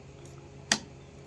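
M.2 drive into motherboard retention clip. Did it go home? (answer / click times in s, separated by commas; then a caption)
yes / 0.7 s. An M.2 drive is pressed down into the tool-less retention clip on an MSI B760 Gaming Plus WiFi motherboard after a failed try. Over a faint steady hum, a single sharp click is heard at 0.7 s as the drive seats in the clip. The drive is seated.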